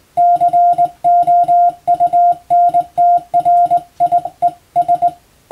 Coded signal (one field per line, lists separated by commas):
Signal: Morse code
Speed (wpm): 20 wpm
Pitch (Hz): 700 Hz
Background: none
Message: COUNTRIES